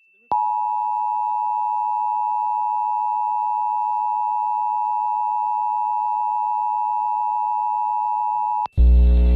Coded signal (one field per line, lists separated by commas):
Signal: Emergency Alert System (SAME) tones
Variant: 853 and 960 Hz attention tone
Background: music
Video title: Pennsylvania Required Monthly Tests (6/17/21)(EAS 746-752)